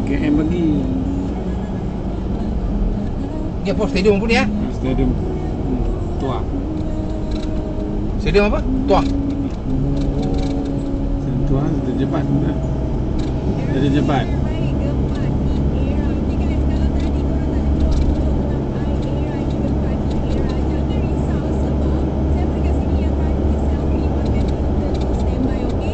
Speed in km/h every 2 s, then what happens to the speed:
45, 46, 43, 44, 42, 43, 46, 53, 57, 63, 67, 70, 76.
0-11 steady at about 43. 11-26 speeds up to 76.